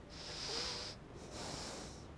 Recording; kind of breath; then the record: one breath in and out by a microphone near the nose and mouth; deep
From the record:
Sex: male